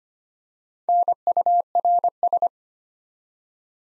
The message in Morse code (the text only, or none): NURS